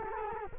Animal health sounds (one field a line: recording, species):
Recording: mosquito wingbeat signal from an infrared sensor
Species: Culex quinquefasciatus